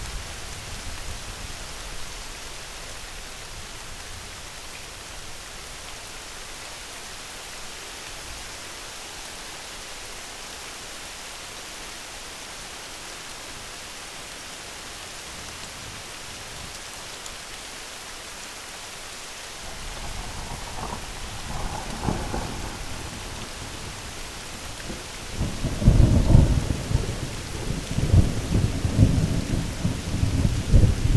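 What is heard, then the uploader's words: Midnight rain falls as a steady, even hiss for the first twenty seconds. After that a low rumble builds beneath it, and from about 25 seconds heavier, uneven bursts of deep rolling sound, like thunder or gusts, surge and swell through the end. MIDNIGHT RAIN.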